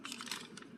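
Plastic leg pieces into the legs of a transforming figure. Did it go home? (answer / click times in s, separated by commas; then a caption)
no / none. Plastic leg pieces are handled and pushed toward the legs of an SS 86 Grimlock transforming figure, giving short, light plastic taps and rustling bursts over a steady low background. Nothing has seated or clicked yet.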